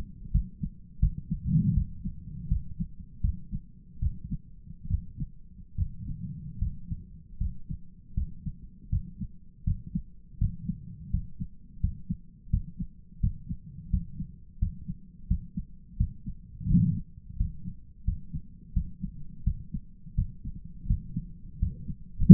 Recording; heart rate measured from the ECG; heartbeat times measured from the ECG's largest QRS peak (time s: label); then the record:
heart sounds by stethoscope; 82 bpm
0.32 s: heartbeat
1.00 s: heartbeat
1.74 s: heartbeat
2.49 s: heartbeat
3.21 s: heartbeat
4.00 s: heartbeat
4.88 s: heartbeat
5.76 s: heartbeat
6.59 s: heartbeat
7.38 s: heartbeat
8.15 s: heartbeat
8.90 s: heartbeat
9.64 s: heartbeat
10.39 s: heartbeat
11.11 s: heartbeat
11.80 s: heartbeat
12.50 s: heartbeat
13.20 s: heartbeat
13.90 s: heartbeat
14.59 s: heartbeat
15.27 s: heartbeat
15.97 s: heartbeat
16.67 s: heartbeat
17.37 s: heartbeat
18.04 s: heartbeat
18.73 s: heartbeat
19.43 s: heartbeat
20.15 s: heartbeat
20.86 s: heartbeat
21.58 s: heartbeat
22.28 s: heartbeat
From the record:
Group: healthy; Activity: rest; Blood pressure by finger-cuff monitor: 92/64 mmHg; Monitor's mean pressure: 74 mmHg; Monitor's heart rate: 82 bpm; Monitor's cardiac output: 7.5 L/min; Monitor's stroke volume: 89 mL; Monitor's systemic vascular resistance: 710 dyn s/cm5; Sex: male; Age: 57 years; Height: 188 cm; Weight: 106 kg